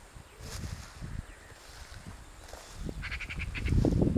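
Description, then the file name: Eurasian magpie chattering: a quick burst of about six harsh, dry notes starting around the three-second mark, over a low rumble that swells in the final second. "Pica pica"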